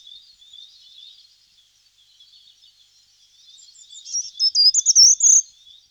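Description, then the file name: Short-toed treecreeper song: a short, thin, high phrase of quick rising and falling notes lasting about a second, after faint, soft twittering. Recorded in 2004. "roche 2004 gartenbaumlaeufer"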